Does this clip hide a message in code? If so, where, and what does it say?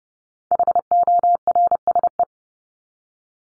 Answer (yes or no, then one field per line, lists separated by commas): yes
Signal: Morse code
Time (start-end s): 0.5-2.2 s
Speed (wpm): 30 wpm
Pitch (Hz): 700 Hz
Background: none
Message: HORSE